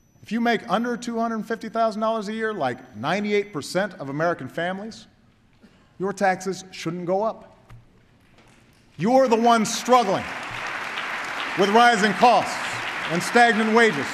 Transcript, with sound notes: if you make under $250,000 a year, like 98 percent of American families, your taxes shouldn’t go up. (Applause.) You’re the ones struggling with rising costs and stagnant wages.